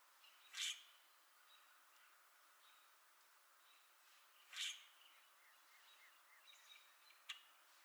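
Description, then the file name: Common grackle calls: two loud, harsh chack notes about four seconds apart, then a sharper click, over soft twittering from other birds. Recorded on 4 April 2021. "2021-04-04 Com Grackle"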